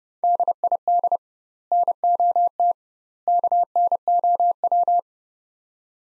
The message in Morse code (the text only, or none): DID NOT KNOW